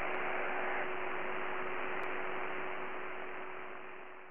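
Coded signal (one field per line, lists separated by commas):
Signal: ACARS aircraft data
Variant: HFDL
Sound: steady wide rushing hiss throughout, with a faint low constant hum underneath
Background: radio static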